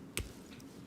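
The metal bracelet's folding clasp on a Didun $40 green 5711 Nautilus homage watch is pulled open and releases with a sharp click at 0.2 s, followed by a faint tick at 0.6 s. The clasp comes open only when pulled and does not come off easily.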